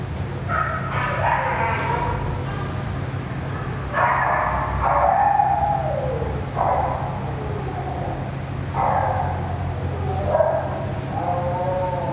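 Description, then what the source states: Dog whining: drawn-out, wavering cries that slide downward, several in a row, over a steady low mechanical hum. Dog crying near a ventilation system.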